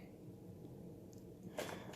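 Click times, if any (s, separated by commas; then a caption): none. A plastic handle is pushed, buttons lined up, into the body of a Dyson Slim Ball Origin (UP16) upright vacuum, with a low steady rumble, a faint tick near 1.1 s and a brief broadband rustling burst around 1.6 s. The handle does not latch, and nothing has seated or clicked.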